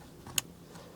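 A white cable plug is pushed into its steering wheel connector during a carbon fiber steering wheel install on a 2019-or-newer RAM. It gives one sharp, bright click at 0.4 seconds against a quiet background. The connector is confirmed seated.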